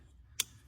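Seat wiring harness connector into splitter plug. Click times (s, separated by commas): 0.4 s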